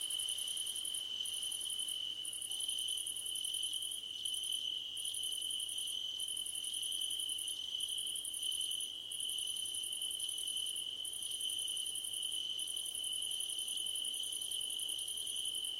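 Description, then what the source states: Cricket chorus with an unbroken high-pitched trill and overlapping trains of very high, rapid pulsed chirps separated by short gaps. Crickets at night under a starlit sky.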